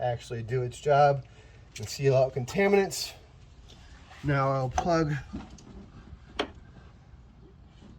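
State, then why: Seated. Someone talks while the new oxygen sensor's plastic electrical plug is pushed into the vehicle harness connector on a 2006–2011 Chevy HHR. A single sharp snap is heard at 6.4 seconds as the connector clicks in and locks, fully seated.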